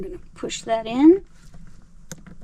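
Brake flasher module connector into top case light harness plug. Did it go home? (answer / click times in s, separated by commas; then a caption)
yes / 2.1 s. Someone talks, then the plastic connector of a brake flasher module, with a spring-hook latch, is pushed into the brake light harness plug in the top case of a Can-Am Spyder motorcycle. A small, sharp snap is heard at 2.1 s. The connector is seated, with the latch now past the knob.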